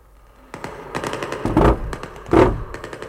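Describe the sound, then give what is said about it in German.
Submachine gun fire crackles in rapid, irregular bursts of sharp cracks, swelling into two heavier, louder volleys before tapering off, with no voices. “Sie haben die Maschinenpistolen neu geladen.”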